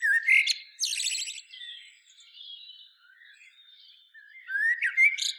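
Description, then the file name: Common blackbird giving a squeaky note, a fast buzzy trill, faint thin sounds, then more high sweeping squeaks at the end. "Turdus merula"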